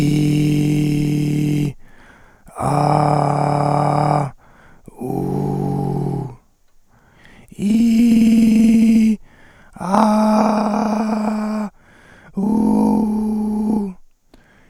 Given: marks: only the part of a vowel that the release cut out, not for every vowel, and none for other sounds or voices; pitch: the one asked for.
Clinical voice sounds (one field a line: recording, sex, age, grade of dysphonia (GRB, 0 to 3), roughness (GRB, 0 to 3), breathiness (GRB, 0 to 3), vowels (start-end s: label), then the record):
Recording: sustained vowels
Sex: male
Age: 20 to 29 years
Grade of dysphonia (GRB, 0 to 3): 3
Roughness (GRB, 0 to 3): 3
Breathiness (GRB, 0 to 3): 2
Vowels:
0.00-1.58 s: vowel /i/, normal pitch
2.72-4.14 s: vowel /a/, normal pitch
5.12-6.21 s: vowel /u/, normal pitch
7.71-9.06 s: vowel /i/, high pitch
10.04-11.57 s: vowel /a/, high pitch
12.45-13.80 s: vowel /u/, high pitch
From the record:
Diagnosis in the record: recurrent laryngeal nerve paralysis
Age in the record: 25 years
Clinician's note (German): Schlaff mit wenig stroboskopischer Restbeweglichkeit